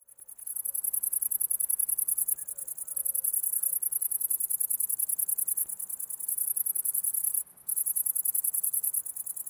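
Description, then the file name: Cricket: very high, rapid pulsed chirps running almost continuously, with one short gap near the end. Recorded August 11, 2009. "20090811 crickets"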